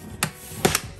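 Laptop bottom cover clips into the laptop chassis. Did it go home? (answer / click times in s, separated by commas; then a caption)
yes / 0.2 s, 0.7 s. The plastic bottom cover of an Asus ROG Strix G15 Advantage gaming laptop is pressed down along the far side so its edge clips snap into the chassis. Sharp snaps are heard at 0.2 s and 0.7 s, with another quick click right after at about 0.8 s. The cover ends up seated, with the clips snapped evenly into place.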